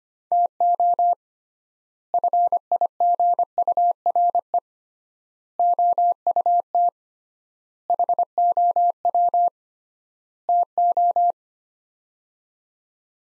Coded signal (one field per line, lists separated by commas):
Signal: Morse code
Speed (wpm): 25 wpm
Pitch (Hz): 700 Hz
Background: none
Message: TO FIGURE OUT HOW TO